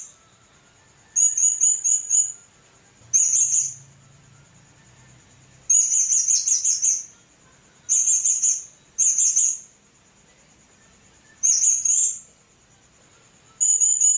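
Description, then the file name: Blue-crowned hanging parrot calling in repeated bursts of high, thin, sibilant chirps and trills, with short quiet gaps and a faint low hum briefly. "serindit"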